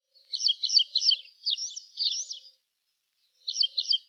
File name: Passer hispaniolensis song Brédéah 7 6 1983